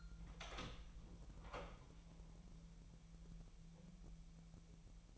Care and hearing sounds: daily activity, microphone in the room; open door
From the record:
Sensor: 1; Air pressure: 1001.3 hPa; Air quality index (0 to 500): 249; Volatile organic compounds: 138 ppm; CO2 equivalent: 3967 ppm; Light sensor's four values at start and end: 12/30/12/14 and 13/31/13/14

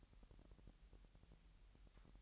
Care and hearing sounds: daily activity, microphone in the room; take from stove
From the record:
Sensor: 3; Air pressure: 1002.0 hPa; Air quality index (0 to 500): 248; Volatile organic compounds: 51 ppm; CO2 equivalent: 3307 ppm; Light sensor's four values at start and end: 6/15/6/6 and 6/15/6/6

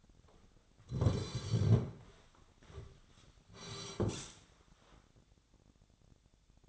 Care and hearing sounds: daily activity, microphone in the room; sit down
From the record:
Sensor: 3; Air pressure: 1009.3 hPa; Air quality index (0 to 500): 180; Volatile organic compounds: 3 ppm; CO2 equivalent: 1458 ppm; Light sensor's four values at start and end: 46/105/49/55 and 47/119/53/54

